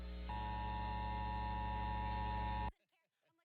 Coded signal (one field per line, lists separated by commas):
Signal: Emergency Alert System (SAME) tones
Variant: 853 and 960 Hz attention tone